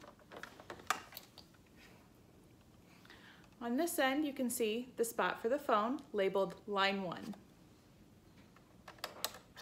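The plastic modular plug on the other end of a telephone cord is handled near the port labelled line one on a CapTel 840i or 880i captioned telephone, with light tapping and handling noises near the start and again near the end. Someone talks in the middle. Nothing has seated or clicked yet.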